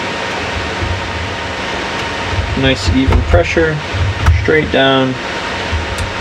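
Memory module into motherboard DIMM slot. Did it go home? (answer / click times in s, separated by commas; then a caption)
no / none. A RAM stick is pressed straight down with even pressure into the first DIMM slot on a motherboard, its side retention clips opened first, while someone talks over a steady fan-like hum. The clip ends before the module goes home, so nothing has seated or clicked yet.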